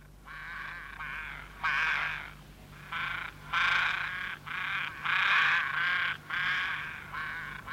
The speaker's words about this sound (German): Oder stören dich die Raben?